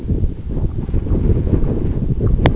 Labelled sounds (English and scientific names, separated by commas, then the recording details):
none
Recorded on Arctic tundra, site EABA-1, on 26 June 2018
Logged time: 04:00